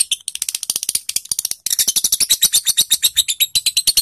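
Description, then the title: Lovebird chattering song: rapid, high, harsh chips, briefly pausing then resuming in a slower buzzy stream. Ngekek (long continuous chattering) song; a masteran training recording for young (balibu) lovebirds. "JAMIN NGEKEK!! MASTERAN LOVEBIRD BALIBU DURASI."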